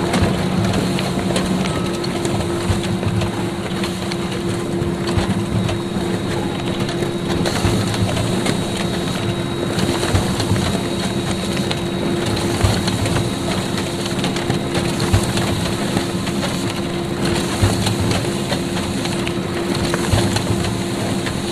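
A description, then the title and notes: A printer or copier runs steadily for the whole stretch, a constant mechanical whir with a fixed low hum and a thin high whine. Dense clicks and rustling paper movement overlay it, with small rhythmic surges every couple of seconds. Laser printer and photocopier recorded by Dan Bodah in April 2009, Brooklyn NY. Printing and photocopying.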